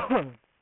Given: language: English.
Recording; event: throat vibration sensor signal played as sound; cough